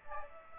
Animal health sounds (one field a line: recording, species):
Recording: mosquito wingbeat signal from an infrared sensor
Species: Aedes aegypti